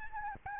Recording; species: mosquito wingbeat signal from an infrared sensor; Aedes albopictus